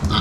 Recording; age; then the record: pig call; growing-finishing pig (85 days or more)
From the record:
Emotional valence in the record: positive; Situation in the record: run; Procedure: transit